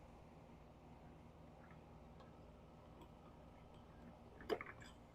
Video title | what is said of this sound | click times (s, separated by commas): Ryobi 2000 PSI Electric Pressure Washer Unboxing and Demo | And then this lynch pin kind of locks into place. | 4.5 s